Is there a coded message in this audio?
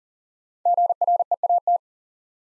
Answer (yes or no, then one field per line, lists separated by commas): yes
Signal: Morse code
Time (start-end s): 0.7-1.8 s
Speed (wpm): 37 wpm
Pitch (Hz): 700 Hz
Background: none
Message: GREAT